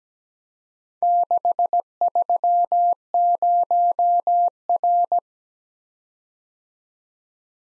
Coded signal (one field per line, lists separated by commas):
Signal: Morse code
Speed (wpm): 17 wpm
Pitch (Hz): 700 Hz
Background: none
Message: 630R